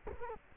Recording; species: mosquito wingbeat signal from an infrared sensor; Culex quinquefasciatus